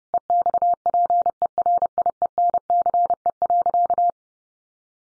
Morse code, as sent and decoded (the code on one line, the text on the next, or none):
. -..- .--. . .-. .. . -. -.-. . .-.-.-
EXPERIENCE.